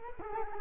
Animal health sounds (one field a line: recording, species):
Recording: mosquito wingbeat signal from an infrared sensor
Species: Culex quinquefasciatus